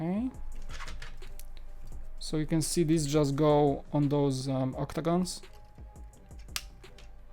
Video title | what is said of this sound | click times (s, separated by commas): Building some LEGO Star Wars & Live Video Editing Lesson!! - Stream #7 | just snap in place and gonna be um finished by the | 6.6 s